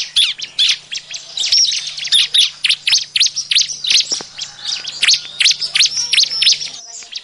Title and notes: Kompilasi Suara Ciblek Prenjak Cocok Untuk Masteran. Kicau Burung Prenjak Ciblek